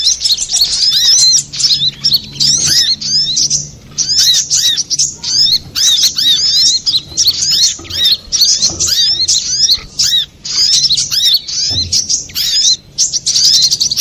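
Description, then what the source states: Little spiderhunter song, a dense, rapid twittering of high arched and rising notes in bursts separated by short pauses, with a faint low hum beneath. Master recording for training cage birds; labelled Labaik.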